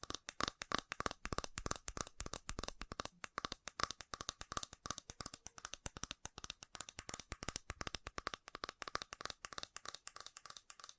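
Fast tapping fills the whole stretch, a rapid, fairly even stream of sharp, crisp taps with a bright, clicky edge and a slight ringing tone. The rhythm stays dense throughout, with brief uneven gaps between bursts and no other sounds behind it.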